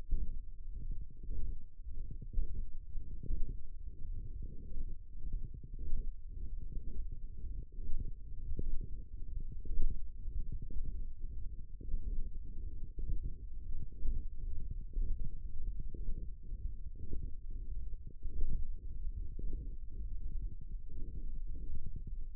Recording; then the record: forearm muscle sounds (acoustic myography)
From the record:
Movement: radial deviation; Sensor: system 1, eight BSWA MPA416 microphones around the upper forearm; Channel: 3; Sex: female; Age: 22 years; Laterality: right